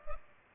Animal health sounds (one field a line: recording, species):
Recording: mosquito wingbeat signal from an infrared sensor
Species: Culex pipiens